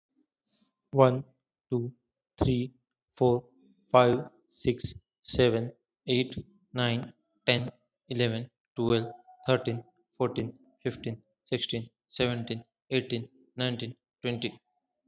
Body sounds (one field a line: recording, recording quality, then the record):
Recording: counting at a normal pace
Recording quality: excellent, no background noise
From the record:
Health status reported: healthy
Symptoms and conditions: none ticked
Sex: male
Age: 29 years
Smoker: not ticked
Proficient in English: yes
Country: India